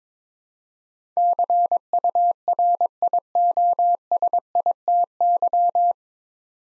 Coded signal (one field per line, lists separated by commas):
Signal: Morse code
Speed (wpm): 22 wpm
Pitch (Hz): 700 Hz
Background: none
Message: CURIOSITY